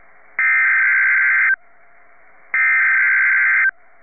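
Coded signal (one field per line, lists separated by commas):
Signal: Emergency Alert System (SAME) tones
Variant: header bursts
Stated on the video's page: Simulated EAS alert with valid SAME headers, for a severe weather event.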